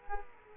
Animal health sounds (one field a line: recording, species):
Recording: mosquito wingbeat signal from an infrared sensor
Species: Culex quinquefasciatus